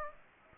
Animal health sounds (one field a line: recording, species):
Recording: mosquito wingbeat signal from an infrared sensor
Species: Aedes aegypti